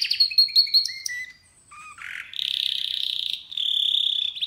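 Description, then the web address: Canary song: fast high trills and descending whistled notes in quick series, then a pause and long loud buzzy rolling trills. "Canari Seda Canari"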